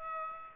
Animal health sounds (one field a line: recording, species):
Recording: mosquito wingbeat signal from an infrared sensor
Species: Aedes aegypti